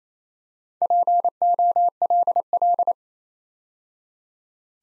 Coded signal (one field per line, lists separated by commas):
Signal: Morse code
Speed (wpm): 27 wpm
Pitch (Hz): 700 Hz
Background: none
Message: POLL